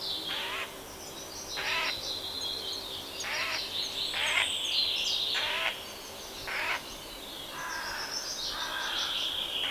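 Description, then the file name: Eurasian jay uttering repeated harsh, grating screeches about every second, with softer rasping notes near the end. "Garrulus glandarius"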